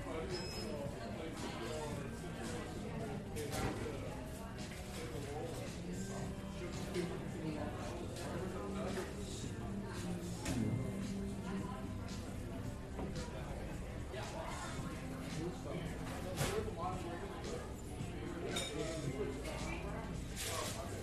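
Coffee shop chatter fills the whole stretch, overlapping voices at a steady level with frequent sharp clinks and knocks scattered throughout.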